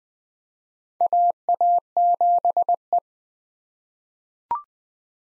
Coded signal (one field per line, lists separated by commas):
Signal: Morse code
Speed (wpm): 20 wpm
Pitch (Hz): 700 Hz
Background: none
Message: AA7E